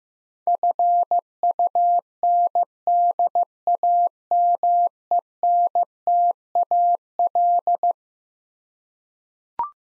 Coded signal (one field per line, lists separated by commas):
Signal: Morse code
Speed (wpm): 15 wpm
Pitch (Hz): 700 Hz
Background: none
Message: FUNDAMENTAL